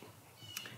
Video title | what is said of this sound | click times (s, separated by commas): Tesla Model Y MagBak RimCase Wheel Protection | just like that and you'll hear it snap into place | 0.6 s